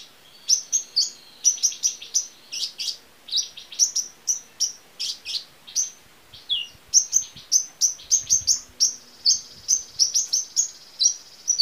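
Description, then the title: Small bird chirping rapidly in bright, high tweets and quick trills, almost continuous. A few faint low sounds are in the background. "Burung Kecil"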